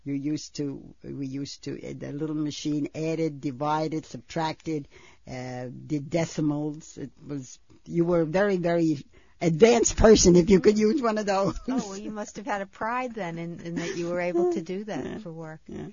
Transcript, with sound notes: You used to, we used to, the little machine added, divided, subtracted, did decimals. It was, you were a very, very advanced person (she laughs) if you could use one of those.
Oh, well you must have had a pride then, in that you were able to do that for work.